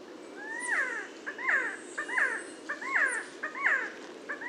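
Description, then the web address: Resplendent quetzal repeating harsh, nasal, slurred notes about every 0.7 seconds, the first rising into a longer arc, with a faint high note above. "Resplendent quetzal. صدای-پرنده-درازدامن-درخشان"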